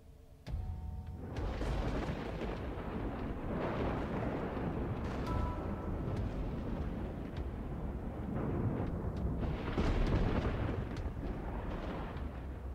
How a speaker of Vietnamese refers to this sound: Bỗng nhiên, đoàng một tiếng, như là có tiếng bộc phá. Một tia sét từ đâu giáng xuống, thẳng xuống trước sân nhà ông Trường.